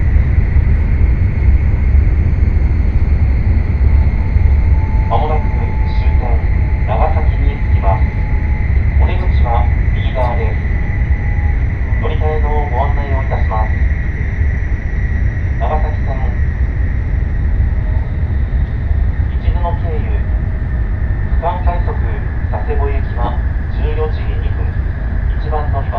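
Riding the Nishi-Kyushu Shinkansen Kamome from Takeo-Onsen toward Nagasaki, a steady deep rumble runs unchanged the whole time under a thin, constant whine. Short bursts of voices come and go throughout, every few seconds, over the drone.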